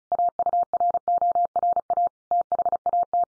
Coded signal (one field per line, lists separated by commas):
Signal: Morse code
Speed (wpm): 34 wpm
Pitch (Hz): 700 Hz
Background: none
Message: AURORA THAT